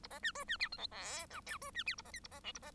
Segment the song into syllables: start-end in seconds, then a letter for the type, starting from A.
0.03-0.07 A, 0.10-0.19 B, 0.23-0.32 C, 0.35-0.44 D, 0.47-0.57 C, 0.59-0.69 E, 0.72-0.77 F, 0.77-0.86 G, 0.91-1.26 H, 1.30-1.41 I, 1.46-1.58 J, 1.61-1.71 D, 1.74-1.83 C, 1.86-1.95 E, 1.97-2.02 A, 2.04-2.12 B, 2.13-2.20 K, 2.23-2.28 A, 2.31-2.40 B, 2.44-2.52 L, 2.54-2.59 A, 2.62-2.71 B